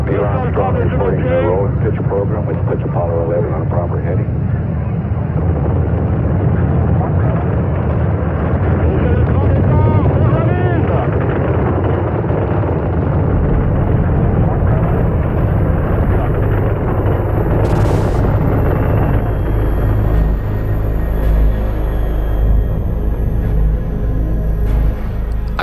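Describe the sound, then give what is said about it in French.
Saturn V rocket first-stage engines roar at the Apollo 11 launch with 35,000 tonnes of thrust, a loud, unbroken low rumble with crackling grit that holds steady throughout, while voices talk over the first half. “Les bruits commencent à nous parvenir maintenant.”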